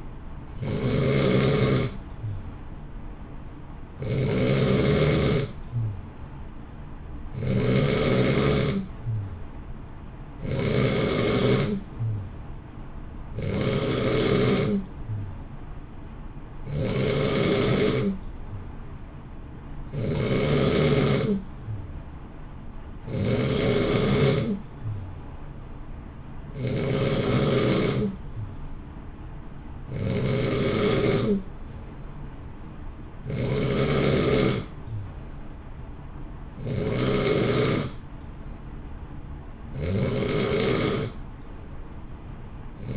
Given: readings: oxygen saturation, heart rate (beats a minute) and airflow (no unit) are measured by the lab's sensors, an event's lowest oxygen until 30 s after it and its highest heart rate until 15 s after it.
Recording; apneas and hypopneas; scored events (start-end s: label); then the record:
breathing in sleep by a smartphone at the bedside; none
none scored
From the record:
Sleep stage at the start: N2 (light sleep); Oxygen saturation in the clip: 89 to 91%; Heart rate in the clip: 59 to 63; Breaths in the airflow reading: 19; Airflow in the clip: -0.8 to 0.8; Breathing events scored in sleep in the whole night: 328 in 6.3 hours asleep